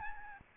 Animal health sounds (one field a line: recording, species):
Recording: mosquito wingbeat signal from an infrared sensor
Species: Aedes albopictus